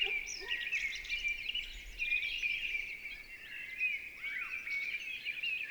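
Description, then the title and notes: Mistle thrush song, a busy stream of whistled notes and quick slurs against a hissing background. Recorded 28 March 2020 at Val Maravel in stereo with a Nagra LB and MKH40 microphone, with no aircraft noise at the time; bird singing with great vocal fervour. "UNE DRAINE ENCHANTEE. 28 mars 2020-Val Maravel - nagra LB - stéréo - mkh40. la belle Grive draine (Turdus viscivorus) dans toute sa ferveur vocale"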